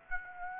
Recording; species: mosquito wingbeat signal from an infrared sensor; Aedes aegypti